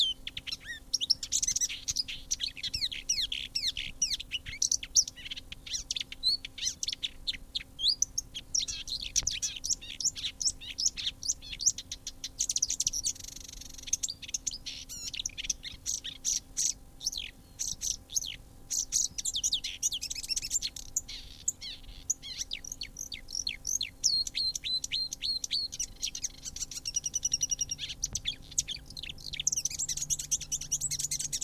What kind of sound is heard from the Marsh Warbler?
song